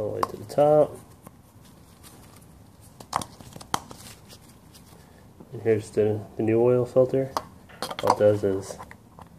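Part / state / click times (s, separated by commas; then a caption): cartridge oil filter element into filter housing cap / not seated / none. Someone talks while handling a new paper cartridge oil filter element for the plastic filter housing cap during a Jeep Wrangler oil change, with a few short, sharp knocks around 3.2 and 3.7 seconds. The element has not yet snapped into the cap; nothing has seated or clicked by the end of the clip.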